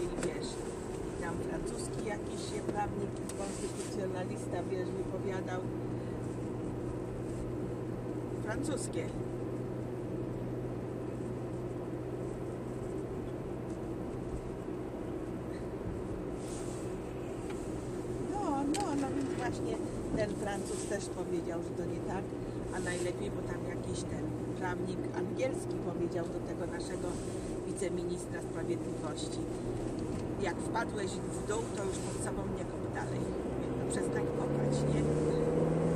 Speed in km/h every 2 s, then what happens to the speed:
43, 39, 39, 39, 40, 40, 40, 41, 41, 41, 39, 40, 40, 40, 39, 40, 41, 55.
0-29 steady at about 40. 29-34 speeds up to 55.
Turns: none.